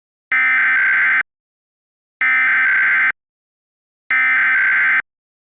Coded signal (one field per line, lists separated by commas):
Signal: Emergency Alert System (SAME) tones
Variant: header bursts